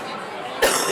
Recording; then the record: coughing mixed with background sound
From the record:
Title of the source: 34 coughing up crap again